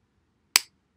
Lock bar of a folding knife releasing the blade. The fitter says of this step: you hear the click when it came unlocked